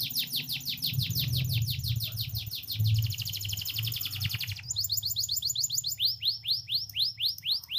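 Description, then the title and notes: Canary singing: fast rolling trills and buzzy rattles giving way to a series of rapid rising sweeps, over a steady low hum. Canary song used as tutoring material (masteran) for training canaries to sing. "Kicau Masteran Burung Kenari. suara burung kenary buat masteran"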